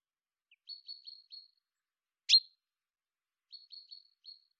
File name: Fringilla coelebs